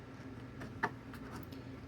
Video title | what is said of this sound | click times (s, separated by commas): Fallout Themed Bar Build Part 3: Liberator Ceiling Light | clicks right in | 0.8 s